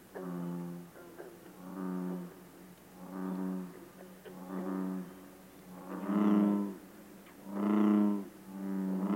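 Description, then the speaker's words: American bullfrog giving deep, droning bellows in a rhythmic series of several notes, growing louder toward the end. One of the largest native North American frogs; extraordinary low-pitched bellowing notes. "At the low end, we find the extraordinary bellowing notes of one of our largest native frogs, the bullfrog."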